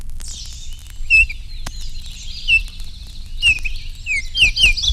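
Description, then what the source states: Baltimore Oriole song: several short, clear, slurred whistled notes over fainter, higher buzzy sounds. Loud, clear, relatively low-pitched song of single notes and slurred phrases.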